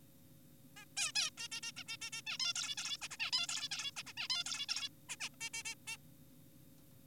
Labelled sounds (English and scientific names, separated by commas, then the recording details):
Zebra Finch (Taeniopygia guttata)
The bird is an adult
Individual g4p5U